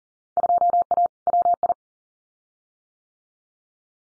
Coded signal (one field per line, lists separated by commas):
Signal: Morse code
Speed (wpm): 41 wpm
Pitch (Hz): 700 Hz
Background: none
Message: 2A WI